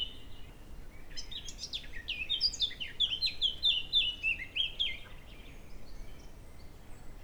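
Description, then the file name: Eurasian blackcap singing one fast scratchy warble that runs into bright, fluty whistled notes over about four seconds, against steady low background noise. "Sylvia atricapilla"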